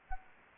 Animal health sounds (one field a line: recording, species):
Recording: mosquito wingbeat signal from an infrared sensor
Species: Anopheles gambiae